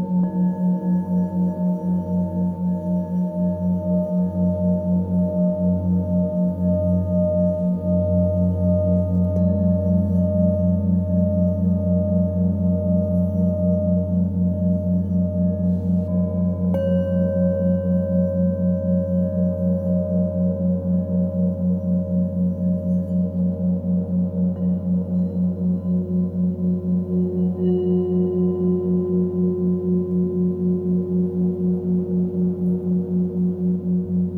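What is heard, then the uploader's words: Tibetan singing bowls ring in a steady, sustained low drone with a gentle pulsing wobble, their bright overtones shifting slowly throughout. F# Heart Chakra Singing Bowls with 4hz Binaural Beat. Tibetan Singing bowls with a 4hz binaural beat.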